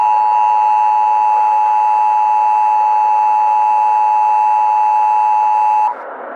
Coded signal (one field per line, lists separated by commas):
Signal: Emergency Alert System (SAME) tones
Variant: 853 and 960 Hz attention tone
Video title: Jeepers creepers EAS scenario